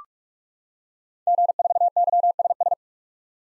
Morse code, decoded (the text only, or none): G4YSS